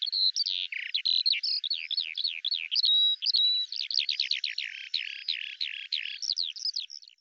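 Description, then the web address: Eurasian skylark song, a rapid stream of sharp chirps and trilled phrases with one drawn-out whistle, steady and high throughout. "Deverinetal 2025 File cleaned normalized Bird Al Ar"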